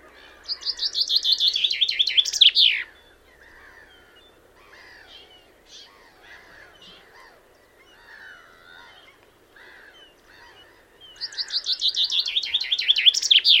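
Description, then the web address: Common chaffinch song, two descending trills each ending in a flourish, several seconds apart, with softer calls of other birds between them. "Deverinetal"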